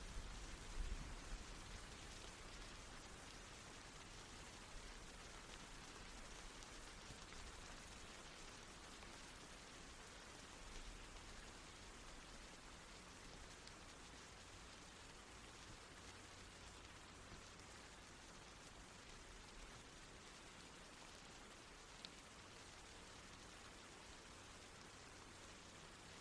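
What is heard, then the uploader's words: Rain falls steadily throughout, a dense, even hiss spread from low to very bright tones with no pauses. The level holds nearly constant, with only a slight drop after the first few seconds and a faint low hum underneath. Soothing Rain Sounds.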